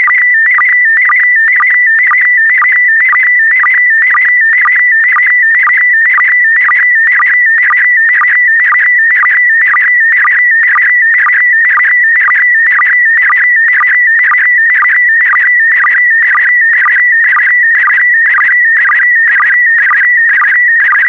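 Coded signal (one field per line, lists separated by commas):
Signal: SSTV (slow-scan television)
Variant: PD120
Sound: warbling steady tone with rhythmic low chirps about twice a second, like a buzzy theremin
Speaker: Five, four, three, two, one. Transmission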